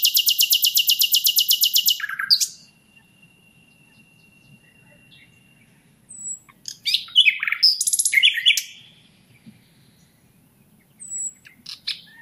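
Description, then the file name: Common nightingale song: a rapid buzzy run of repeated high notes, then a long steady whistle, followed by varied chirping, trilled phrases and a few short high notes after pauses. "Luscinia megarhynchos"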